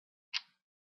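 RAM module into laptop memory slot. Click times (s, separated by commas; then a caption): 0.4 s. A laptop RAM stick, inserted into its memory slot at an angle, is pressed down by its sides until the slot's side clips snap over it. A single sharp click lands at 0.4 s, bright and broadband with a short tail fading out within about two-tenths of a second, with silence before and after. The module is seated.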